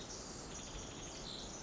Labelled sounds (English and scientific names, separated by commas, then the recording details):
Pacific Wren (Troglodytes pacificus)
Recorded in Sonoma County, California